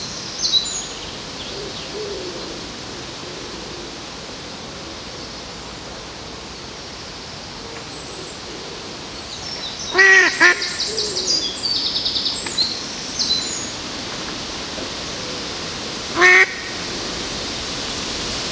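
Along the river in Odense, a steady soft hiss runs throughout. Around ten seconds a burst of loud, harsh calls breaks in, followed by a string of high chirps, and another sharp call cuts through near sixteen seconds, with faint duck-like quacks scattered early on.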